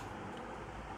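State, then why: Not seated. Plastic push pins of a stock CPU cooler fan are handled at the motherboard mounting holes, ready to be pressed through to lock the cooler down. A steady low rumble and broadband hiss fill the clip with no distinct ticks. Nothing has seated or clicked yet.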